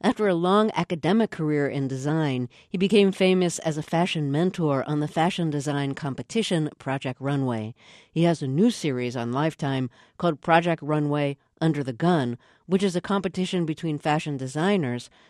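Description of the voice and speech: A single adult woman narrates in a clear, steady, fluent voice at a moderate pace, with brief natural pauses between phrases. The voice is smooth and well resonated, with no hoarseness, strain or disfluency: typical speech.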